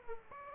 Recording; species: mosquito wingbeat signal from an infrared sensor; Aedes aegypti